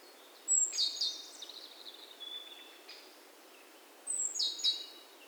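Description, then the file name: Great tit call bursts: a thin, very high whistle leading into sharp chattering notes, then a softer trailing note; the pattern returns a few seconds later. "Parus major"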